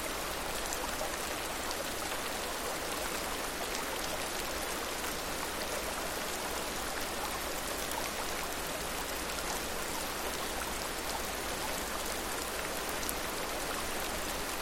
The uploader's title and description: Rainy Sunday. The rain pitter patters outside. Water droplets run down the glass.